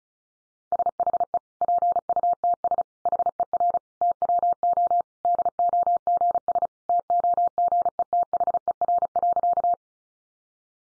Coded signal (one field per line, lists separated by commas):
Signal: Morse code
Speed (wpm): 34 wpm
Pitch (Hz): 700 Hz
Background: none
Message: SHE PUTS HER TWO DOGS TOGETHER.